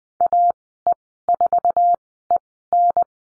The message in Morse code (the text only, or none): AE4EN